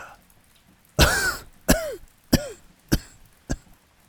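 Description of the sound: An adult man, his voice hoarse, gives a dry cough: a short rough burst followed by four sharp, briefer coughs with throat-clearing quality.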